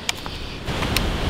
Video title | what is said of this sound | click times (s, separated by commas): Discover the Best Pellet Gun: Is the Crosman 22 Shockwave Worth It? | you hear the click so you know it's engaged | 0.1 s